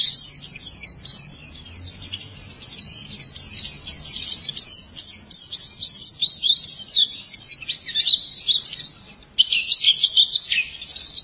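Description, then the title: White-eye song: long, busy twittering with rapid high chips and slurred whistles, a brief lull near the end before the chatter resumes. "Kicauan Burung Pleci"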